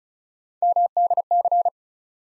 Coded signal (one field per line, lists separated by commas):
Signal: Morse code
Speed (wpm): 36 wpm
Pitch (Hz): 700 Hz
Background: none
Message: MDC